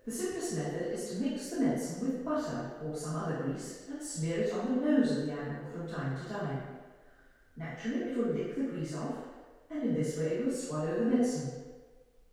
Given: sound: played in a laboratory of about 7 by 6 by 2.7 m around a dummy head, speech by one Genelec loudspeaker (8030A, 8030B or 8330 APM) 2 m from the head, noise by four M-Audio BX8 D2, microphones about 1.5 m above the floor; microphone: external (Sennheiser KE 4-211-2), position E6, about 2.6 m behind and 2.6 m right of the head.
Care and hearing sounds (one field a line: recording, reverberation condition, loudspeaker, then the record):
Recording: female speech in English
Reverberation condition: high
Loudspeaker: 90 degrees to the right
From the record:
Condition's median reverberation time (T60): about 1300 ms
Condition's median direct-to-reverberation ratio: about -4.0 dB